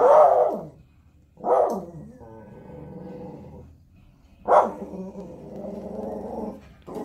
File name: Spitz dog